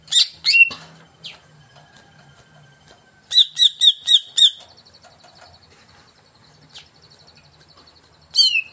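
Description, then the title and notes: Greater green leafbird song: sharp high notes, a burst of several loud rapid ringing whistles, then thin high trilling, ending with another loud note. Song of a vigorously singing (gacor) cucak ijo, played as a lure (pancingan) to get a caged bird to sing when hung up (gantang). "Pancingan CUCAK IJO Mau Di Gantang. Cucak Ijo Gacor"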